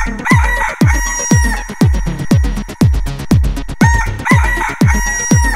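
Rooster cock-a-doodle-doo heard twice, bright and sustained, set against a regular pounding electronic beat.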